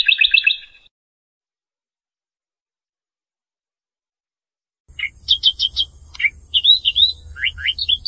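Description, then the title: A bird sings bursts of sharp chirps and trills, then falls silent for several seconds before resuming with varied, rapid twittering notes over a faint low hum. "burung"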